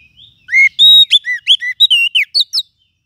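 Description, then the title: Lovebird calls: a rapid burst of sharp, clipped chirps and whistled notes with rising and falling inflections, lasting about two seconds, then silence. Used to lure lovebirds. "PIKAT BURUNG LOVEBIRD"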